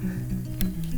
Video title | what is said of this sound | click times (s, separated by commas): NOT Xiaomi M365, but actually good: MacWheel MX1 | now going back this nice click moving | 0.6 s